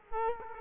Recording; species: mosquito wingbeat signal from an infrared sensor; Culex quinquefasciatus